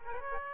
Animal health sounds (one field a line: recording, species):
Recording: mosquito wingbeat signal from an infrared sensor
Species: Aedes aegypti